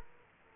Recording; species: mosquito wingbeat signal from an infrared sensor; Aedes aegypti